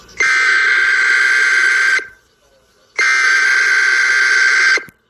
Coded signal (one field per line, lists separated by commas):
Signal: Emergency Alert System (SAME) tones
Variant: header bursts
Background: speech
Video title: (Eas senarios) big wave of nothing?